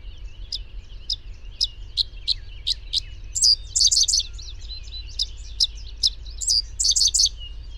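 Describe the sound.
Bird chirping in quick, high, sharp notes, single at first and then mixed with dense trilled clusters, with a constant low hum beneath.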